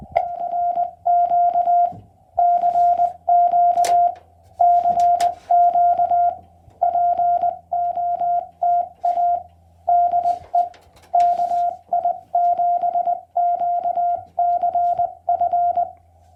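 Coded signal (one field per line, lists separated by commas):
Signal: Morse code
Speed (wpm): 20 wpm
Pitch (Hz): 690 Hz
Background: radio noise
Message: ERQ CQ CQ POTA DE KI7QCF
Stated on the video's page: QRP CW Parks on the Air activation in Utah.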